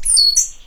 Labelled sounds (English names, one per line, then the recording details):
Stitchbird song
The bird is a male
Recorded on Tiritiri Matangi Island, New Zealand, in 2005
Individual 12, of nest box 16